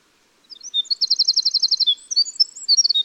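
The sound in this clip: Winter wren pouring out high, tumbling notes with a rapid machine-gun trill in the middle, followed by sharp chirps and a brief second trill.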